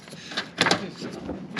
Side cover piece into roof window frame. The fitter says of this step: making sure it clicks